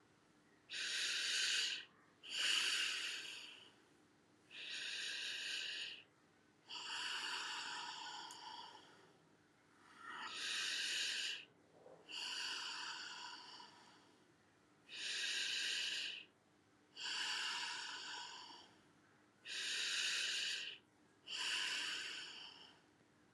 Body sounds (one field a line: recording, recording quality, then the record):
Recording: deep breathing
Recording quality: excellent, no background noise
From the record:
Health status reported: healthy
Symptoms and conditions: asthma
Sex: female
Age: 40 years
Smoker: not ticked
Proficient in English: yes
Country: India